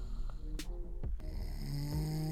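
Low, rumbling snoring with a few snorting breaths, heard faintly in the background.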